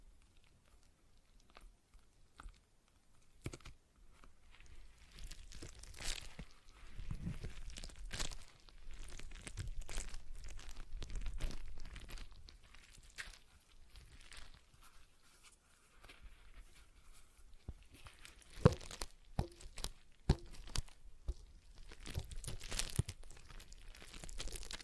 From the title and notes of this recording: ASMR Relaxing Stress Ball Sounds (No Talking).